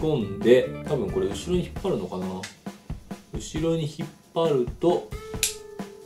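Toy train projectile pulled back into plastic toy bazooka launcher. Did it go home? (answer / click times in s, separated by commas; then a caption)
yes / 5.4 s. Someone talks while a toy energy train piece, inserted into the plastic blade part of a candy-toy bazooka launcher, is pulled backwards until it catches. A sharp click at 5.4 s marks the train seating in the cocked position, ready for the green trigger to be pulled.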